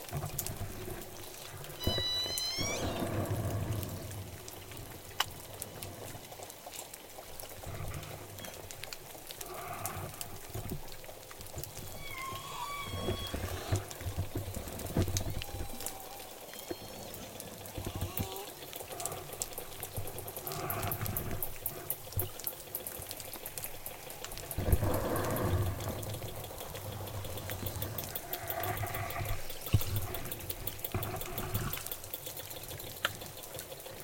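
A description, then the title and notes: J pod orcas calling underwater as they travel, with rising, stacked whistle-like calls near the start and several shorter squeaky calls through the middle. A steady low rumble of water and engine-like drone runs throughout, with louder swells around 25 and 30 seconds. Acoustic inference as J pod departs Puget Sound & heads to Canada. Southern Resident Killer Whales into Puget Sound this fall.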